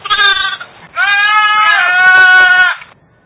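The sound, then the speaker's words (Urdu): A goat that walks on two legs, being naturally disabled in the other two, bleats twice: a short wavering cry, then a longer, loud, quavering bleat with a strong harmonic, nasal tone, ending abruptly into quiet. “حضرت صاحب سے میرا سوال ہے کہ جو بکرا آپ دیکھ رہے ہیں دو ٹانگوں پر چل رہا ہے, چل رہا ہے نا دو ٹانگوں سے, اور دو ٹانگوں سے قدرتی طور پر معذور ہے, تو حضرت صاحب کیا اس بکری کی قربانی ہو جائے گی؟”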